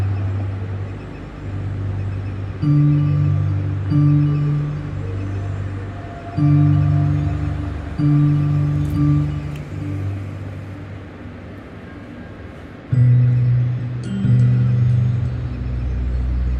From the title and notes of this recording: This 40-foot-long stainless steel wave resonates with ethereal tones as commuters and passersby pluck the strings through light beam sensors. This interactive instrument's organic shape and sound duet a bustling city backdrop and the soft chimes of a nearby Metro Transit light rail station.